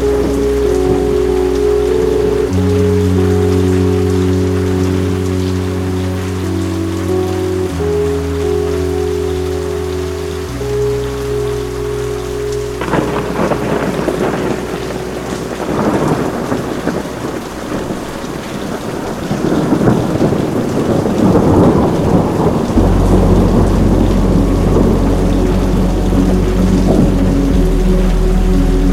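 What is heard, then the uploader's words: Distant rain hisses beneath sustained low droning tones that shift every few seconds, with a rumbling thunder-like swell roughly midway through. DISTANT RAIN AND THUNDER.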